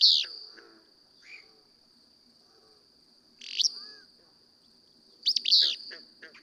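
Willow flycatcher singing a burry, explosive two-part phrase three times over a constant thin whine.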